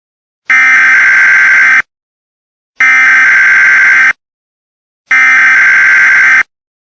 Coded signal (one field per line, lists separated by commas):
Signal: Emergency Alert System (SAME) tones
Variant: header bursts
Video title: EAS Scenario: twitz